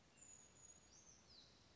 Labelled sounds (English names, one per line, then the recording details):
Brown Creeper
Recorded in Sonoma County, California